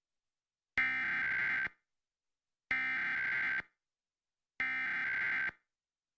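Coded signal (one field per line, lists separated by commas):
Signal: Emergency Alert System (SAME) tones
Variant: header bursts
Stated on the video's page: Pennsylvania statewide required monthly tests from four TV stations; one failed, going near silent after the first attention tone.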